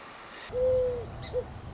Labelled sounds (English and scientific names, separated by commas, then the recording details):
Song Sparrow (Melospiza melodia)
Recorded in Sonoma County, California